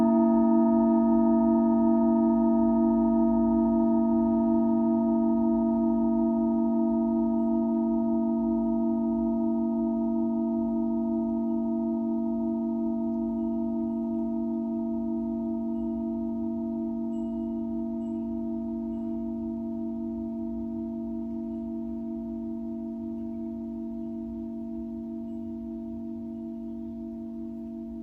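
A singing bowl rings with a steady low hum and bright overtones, slowly fading over the whole half minute without new strikes.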